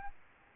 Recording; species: mosquito wingbeat signal from an infrared sensor; Aedes albopictus